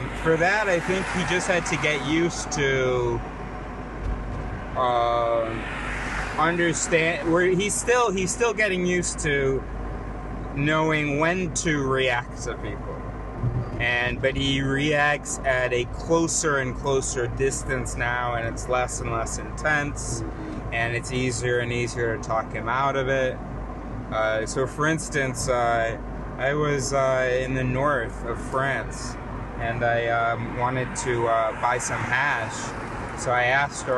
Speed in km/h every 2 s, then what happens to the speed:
45, 45, 47, 45, 45, 47, 47, 47, 47, 49, 47, 47, 45, 45, 45, 43, 41.
0-34 steady at about 45.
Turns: none.